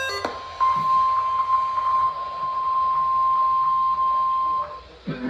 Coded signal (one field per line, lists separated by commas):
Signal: Emergency Alert System (SAME) tones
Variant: 1050 Hz attention tone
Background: speech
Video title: SLIGHT RISK EVENT: EAS Alerts from 09/06/25 | #335 - #366